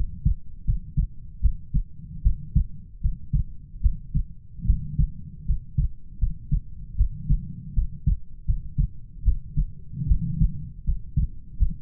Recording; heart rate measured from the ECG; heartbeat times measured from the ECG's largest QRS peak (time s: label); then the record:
heart sounds by stethoscope; 77 bpm
0.64 s: heartbeat
1.41 s: heartbeat
2.22 s: heartbeat
3.01 s: heartbeat
3.81 s: heartbeat
4.65 s: heartbeat
5.45 s: heartbeat
6.18 s: heartbeat
6.96 s: heartbeat
7.74 s: heartbeat
8.45 s: heartbeat
9.23 s: heartbeat
10.07 s: heartbeat
10.84 s: heartbeat
11.57 s: heartbeat
From the record:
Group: healthy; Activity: rest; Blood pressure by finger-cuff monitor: 99/57 mmHg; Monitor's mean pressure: 71 mmHg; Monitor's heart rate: 77 bpm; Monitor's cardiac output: 7.2 L/min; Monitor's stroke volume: 93 mL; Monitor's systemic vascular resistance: 700 dyn s/cm5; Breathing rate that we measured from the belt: 23 breaths a minute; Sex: female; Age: 19 years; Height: 163 cm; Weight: 48.9 kg